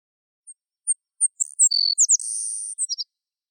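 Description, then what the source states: Sparrow song of high, thin lead-in notes followed by rapid slurred phrases and a long, flat, buzzy trill, finishing with brief sharp notes. A single bird singing solo.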